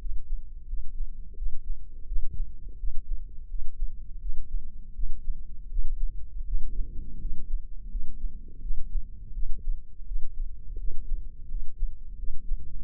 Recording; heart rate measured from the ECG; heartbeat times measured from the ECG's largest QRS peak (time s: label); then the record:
heart sounds by microphone in the left ear; 83 bpm
0.67 s: heartbeat
1.36 s: heartbeat
2.06 s: heartbeat
2.78 s: heartbeat
3.49 s: heartbeat
4.20 s: heartbeat
4.94 s: heartbeat
5.69 s: heartbeat
6.45 s: heartbeat
7.20 s: heartbeat
7.90 s: heartbeat
8.61 s: heartbeat
9.33 s: heartbeat
10.06 s: heartbeat
10.78 s: heartbeat
11.49 s: heartbeat
12.17 s: heartbeat
From the record:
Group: healthy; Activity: rest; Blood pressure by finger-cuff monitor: 161/87 mmHg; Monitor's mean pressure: 104 mmHg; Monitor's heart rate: 84 bpm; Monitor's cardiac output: 8 L/min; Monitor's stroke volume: 96 mL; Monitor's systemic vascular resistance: 950 dyn s/cm5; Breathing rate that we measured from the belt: 15 breaths a minute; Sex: male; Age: 57 years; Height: 188 cm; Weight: 106 kg